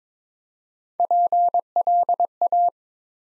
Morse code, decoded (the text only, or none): PLA